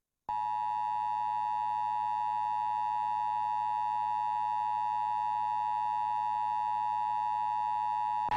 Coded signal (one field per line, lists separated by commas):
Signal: Emergency Alert System (SAME) tones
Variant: 853 and 960 Hz attention tone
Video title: National EAS Test (KING5, Seattle)